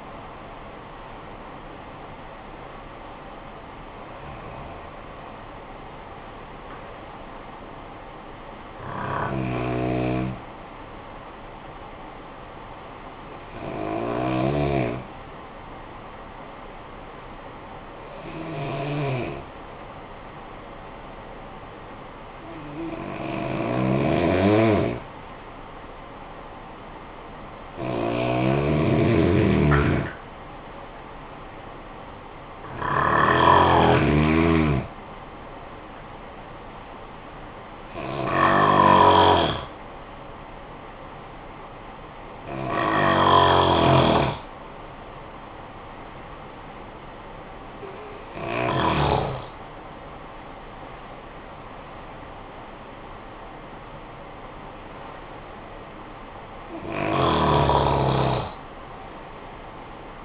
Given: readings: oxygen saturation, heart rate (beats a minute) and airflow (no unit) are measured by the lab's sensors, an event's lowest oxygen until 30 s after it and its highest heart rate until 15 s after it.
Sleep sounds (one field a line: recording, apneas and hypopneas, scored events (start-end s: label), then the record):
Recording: breathing in sleep by a voice recorder at the bedside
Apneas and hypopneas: 1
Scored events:
15.00-31.50 s: hypopnea (N1, oxygen 95% highest, then 91% lowest, heart rate 51 at the start, 63 highest)
From the record:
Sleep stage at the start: N1 (lightest sleep)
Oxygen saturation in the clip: 90 to 95%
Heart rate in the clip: 51 to 69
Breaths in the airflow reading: 13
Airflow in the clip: -12.8 to 12.0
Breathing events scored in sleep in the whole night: 445 in 7.6 hours asleep